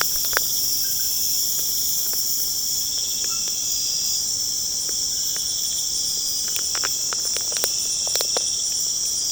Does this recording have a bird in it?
no